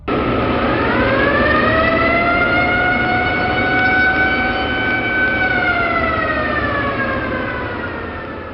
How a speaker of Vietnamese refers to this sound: Đúng lúc ấy, chợt nghe tiếng còi báo động máy bay tập kích ré lên khắp khe núi.